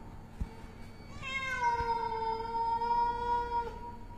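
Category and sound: animal, cat meowing mournfully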